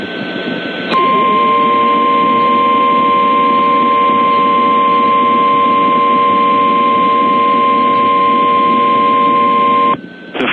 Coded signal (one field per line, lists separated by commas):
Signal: Emergency Alert System (SAME) tones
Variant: 1050 Hz attention tone